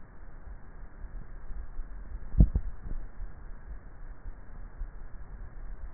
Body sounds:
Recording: swallowing sounds by neck microphone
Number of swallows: 1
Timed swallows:
2.25-3.12 s: swallow
From the record:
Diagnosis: dysphagia

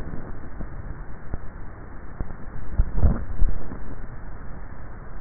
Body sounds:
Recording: swallowing sounds by neck microphone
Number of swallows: 1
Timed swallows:
2.68-3.72 s: swallow
From the record:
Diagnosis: dysphagia

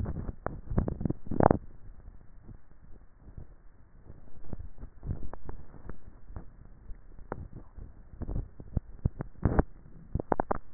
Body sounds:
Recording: swallowing sounds by neck microphone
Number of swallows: 2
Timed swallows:
0.65-1.35 s: swallow
8.25-9.02 s: swallow
From the record:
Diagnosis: dysphagia

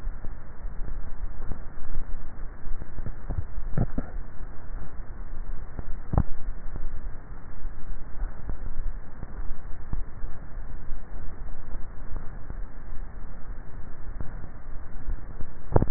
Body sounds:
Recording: swallowing sounds by neck microphone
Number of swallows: 1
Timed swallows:
3.28-4.12 s: swallow
From the record:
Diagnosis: dysphagia

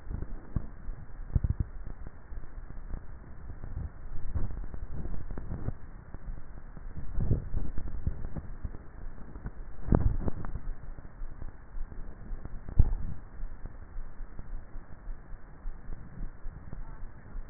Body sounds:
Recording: swallowing sounds by neck microphone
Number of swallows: 2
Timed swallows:
4.25-5.38 s: swallow
7.22-8.05 s: swallow
From the record:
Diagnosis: dysphagia

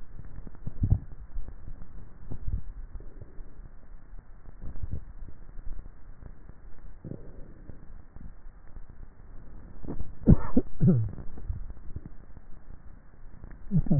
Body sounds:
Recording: swallowing sounds by neck microphone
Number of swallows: 4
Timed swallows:
0.64-1.48 s: swallow
2.38-3.04 s: swallow
4.74-5.74 s: swallow
11.34-11.91 s: swallow
From the record:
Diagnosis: dysphagia

